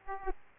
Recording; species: mosquito wingbeat signal from an infrared sensor; Aedes aegypti